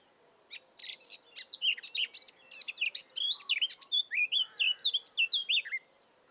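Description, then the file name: Eurasian blackcap singing a lively five-second phrase of crisp clicks, warbles and loud fluting whistles. "Sylvia atricapilla"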